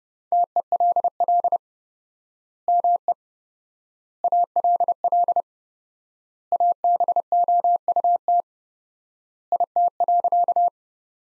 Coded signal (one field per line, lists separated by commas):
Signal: Morse code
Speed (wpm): 30 wpm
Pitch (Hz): 700 Hz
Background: none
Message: TELL ME ALL ABOUT IT.